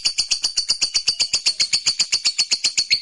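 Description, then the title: Lovebird pouring out rapid, evenly spaced high chirps in a continuous energetic run. Fighter-type lovebird singing energetically (gacor). "Berkat SUARA Lovebird FIGHTER GACOR Ini"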